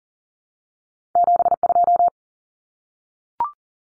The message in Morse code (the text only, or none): 72